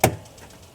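A fuel line quick-connect coupling is pushed onto the fuel pump module fitting of a 2002-2007 Jeep Liberty, making a single sharp click at 0.0 s followed by a short low-frequency thump that fades into quiet background. The connector is seated, and a pull test confirms it feels tight.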